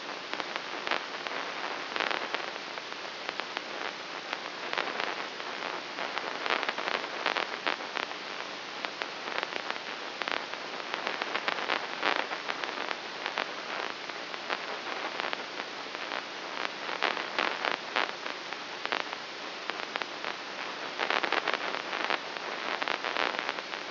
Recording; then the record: brain microelectrode recording played as sound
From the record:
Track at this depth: inside the subthalamic nucleus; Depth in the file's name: 1.405 mm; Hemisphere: right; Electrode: 3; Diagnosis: Parkinson's disease